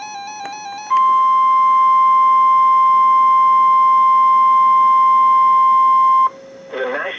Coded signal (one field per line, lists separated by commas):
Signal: Emergency Alert System (SAME) tones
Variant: 1050 Hz attention tone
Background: speech, music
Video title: Severe Thunderstorm Warning on 2 Stations (EAS #1207-1208)